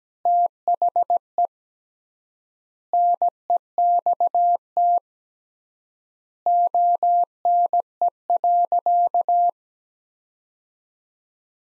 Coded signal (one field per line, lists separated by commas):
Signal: Morse code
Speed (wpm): 17 wpm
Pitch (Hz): 700 Hz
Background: none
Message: THE NEXT ONE.